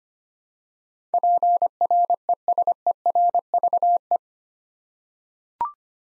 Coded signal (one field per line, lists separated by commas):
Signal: Morse code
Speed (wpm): 25 wpm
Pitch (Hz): 700 Hz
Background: none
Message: PRESERVE